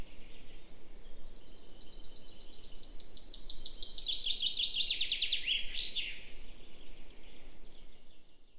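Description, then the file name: Common chaffinch delivering a long, complete song: several stepped trills falling in pitch, then a brief sharp flourish, with soft ambient noise before and after. "Fringilla coelebs"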